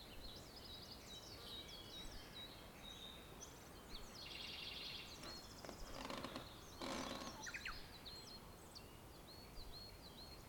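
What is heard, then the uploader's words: Birdsong outside a wooden cabin: many small chirps and trills overlap at once, bright and busy throughout. A soft steady hiss runs underneath, and around six and seven seconds a louder burst of rustling or scraping briefly rises over the birds. Spring day in a beautiful wooden cabin. Sitting in a gorgeous cabin with bird song outside.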